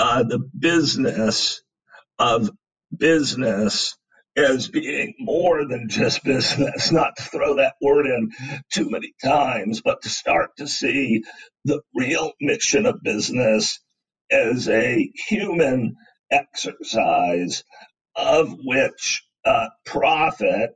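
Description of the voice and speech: Adult male speaker with spasmodic dysphonia, a rare neurological voice disorder acquired in adulthood in 2010, talking in a broken, effortful voice with frequent pauses and strained, interrupted phrasing.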